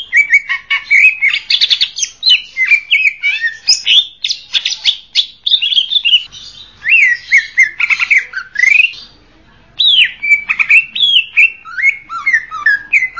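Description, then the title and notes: Leafbird song, a fast continuous medley of chirps, slurred whistles and rising and falling notes with a brief pause. "Kicau Burung Cucak Ijo Juara. Suara kicauan burung cucak ijo"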